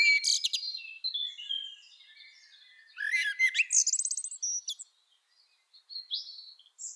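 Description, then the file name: Common blackbird song with high twittering notes and slurred whistles, a loud busy chattering passage midway, then brief thin squeaky notes trailing off. "Turdus merula"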